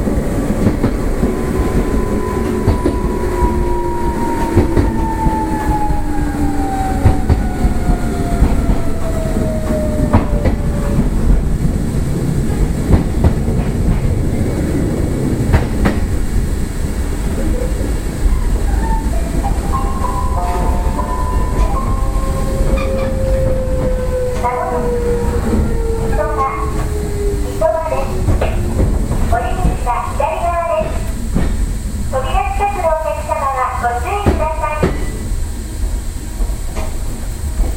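A train runs on the line, recorded from on board, with a steady low rumble and clatter throughout. A motor whine glides downward in pitch during the first ten seconds and again around 22–29 seconds, and brighter squeals and tones appear near the end.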